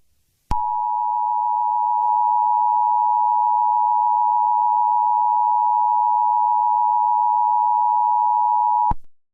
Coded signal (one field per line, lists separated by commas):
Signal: Emergency Alert System (SAME) tones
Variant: 853 and 960 Hz attention tone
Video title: Eas mock winter storm warning for heavy snow 11/1/2024